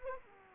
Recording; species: mosquito wingbeat signal from an infrared sensor; Anopheles arabiensis